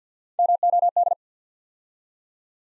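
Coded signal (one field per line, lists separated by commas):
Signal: Morse code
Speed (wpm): 48 wpm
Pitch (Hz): 700 Hz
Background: none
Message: MOD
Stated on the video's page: Morse practice building 6-letter words three letters at a time at 50 wpm, for instant character recognition training.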